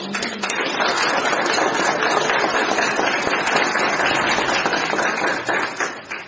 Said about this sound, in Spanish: Y Dios los bendiga, un fuerte aplauso, Señor.